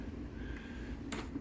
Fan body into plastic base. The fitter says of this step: and that slides into the base and locks in place so that was quite unique back in the day